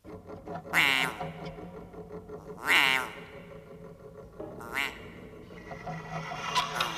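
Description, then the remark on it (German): A man's voice imitates a frog croaking: three loud, raspy, warbling croaks spaced about two seconds apart, followed by softer throaty murmuring. “Er lernte zu quaken und lebte von Schnaken.”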